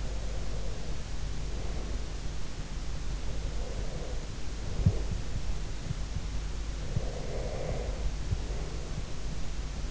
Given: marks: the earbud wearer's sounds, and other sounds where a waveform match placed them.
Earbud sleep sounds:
sounds in sleep by an in-ear microphone; breath
3.27-5.28 s: breath
6.94-8.96 s: breath

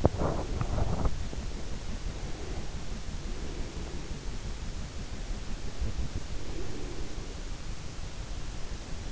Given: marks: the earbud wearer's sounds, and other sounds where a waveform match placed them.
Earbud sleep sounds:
sounds in sleep by an in-ear microphone; body movement, breath
0.00-1.30 s: body movement
1.95-4.18 s: breath
6.10-7.58 s: breath

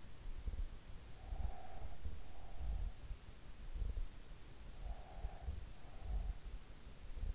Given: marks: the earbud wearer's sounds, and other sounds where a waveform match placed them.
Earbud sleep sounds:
sounds in sleep by an in-ear microphone; breath
1.14-2.90 s: breath
4.54-6.64 s: breath

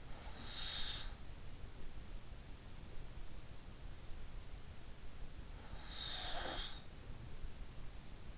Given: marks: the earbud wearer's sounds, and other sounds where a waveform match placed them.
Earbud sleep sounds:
sounds in sleep by an in-ear microphone; breath, snoring breath
0.00-1.74 s: breath
5.74-7.25 s: snoring breath

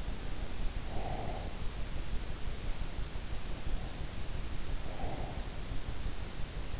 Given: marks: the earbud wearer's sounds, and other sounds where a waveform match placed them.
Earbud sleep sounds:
sounds in sleep by an in-ear microphone; breath
0.59-2.45 s: breath
4.57-6.04 s: breath

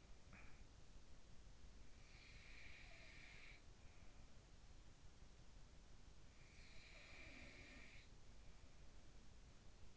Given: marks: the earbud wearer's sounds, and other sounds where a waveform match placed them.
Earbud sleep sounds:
sounds in sleep by an in-ear microphone; talking in sleep
0.00-0.68 s: talking in sleep
1.99-3.76 s: sound from someone else or the room
6.36-8.14 s: sound from someone else or the room

